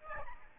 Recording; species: mosquito wingbeat signal from an infrared sensor; Aedes albopictus